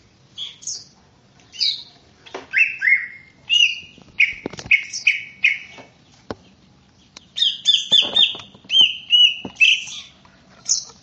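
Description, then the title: Greater green leafbird song, loud whistled and slurred notes in separate phrases, with sharp clicks between them. "KICAU BURUNG CUCAK IJO"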